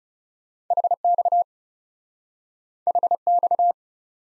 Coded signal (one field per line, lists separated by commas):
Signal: Morse code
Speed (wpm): 39 wpm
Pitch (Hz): 700 Hz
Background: none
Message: H X H X